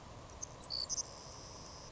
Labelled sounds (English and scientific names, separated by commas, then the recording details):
Savannah Sparrow (Passerculus sandwichensis)
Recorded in Sonoma County, California